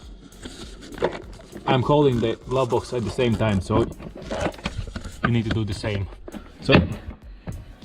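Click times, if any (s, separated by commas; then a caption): 7.5 s. Someone talks while pushing the side of a 2010 Mazda 6 glovebox inward past its stop into the dashboard opening. A click is heard at 7.5 s as the glovebox side seats into the dash.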